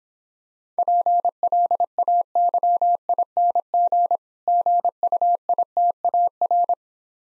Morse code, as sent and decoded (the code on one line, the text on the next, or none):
.--. .-.. .- -.-- .. -. --. / --. ..- .. - .- .-.
PLAYING GUITAR